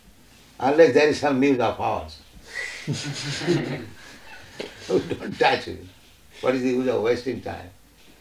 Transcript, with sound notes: unless there is some news of ours. [laughs] We don't touch it. What is the use of wasting time?